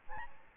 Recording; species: mosquito wingbeat signal from an infrared sensor; Aedes albopictus